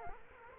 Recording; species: mosquito wingbeat signal from an infrared sensor; Culex quinquefasciatus